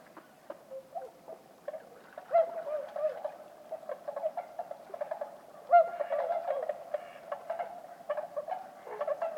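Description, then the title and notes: Bewick's swans calling, soft nasal yelping notes that overlap in a loose, irregular chorus, with a few louder hoarse calls standing out. About forty birds at a night roost on Lac du Der, France, 6 January 2019, after 2 a.m.; fog and drizzle; sentinels call at any disturbance on shore; mkh20 pair, Nagra Seven. "Lac du DER. Cygnes de Bewick (Cygnus bewicki)"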